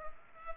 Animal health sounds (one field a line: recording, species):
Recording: mosquito wingbeat signal from an infrared sensor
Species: Culex pipiens